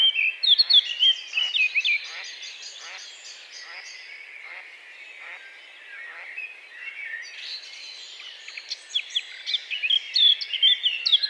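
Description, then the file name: Eurasian blackcap song: rapid bright warbling phrases at the start and end, with fainter song through the middle. "Sylvia atricapilla"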